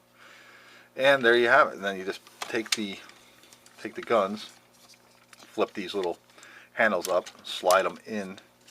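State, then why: Not seated. Someone talks while handling a plastic toy gun for a Transformers Dark of the Moon Amazon-exclusive Jetwing Optimus Prime robot figure, flipping its little handle up to slide it into the figure's fist from underneath. Faint handling sounds and a brief quiet tick at 5.3 s occur between the speech. The handle has not seated or clicked into the fist yet.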